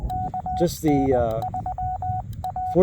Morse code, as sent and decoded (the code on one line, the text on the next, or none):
-.- -. ...-- .-
KN3A